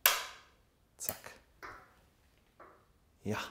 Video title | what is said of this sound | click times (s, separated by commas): Simplon Rapcon Pmax CX B3 Modell 2023 in einer 13.000 Euro Konfiguration MTB EMTB Mountainbike | dès qu'elle clique, arrêtez | 0.1 s